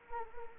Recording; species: mosquito wingbeat signal from an infrared sensor; Anopheles arabiensis